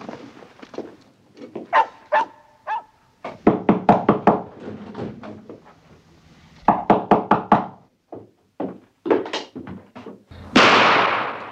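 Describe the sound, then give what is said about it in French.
Loud, sharp knocks on a door, the part played by Frison Roche, come in quick bursts of three to five raps separated by short pauses, followed by a sudden rush of hissing noise at the end. “Eh bien, c'est les coups dans la porte !”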